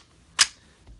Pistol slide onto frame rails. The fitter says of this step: I do it pretty slow until everything kind of clicks into place so like so once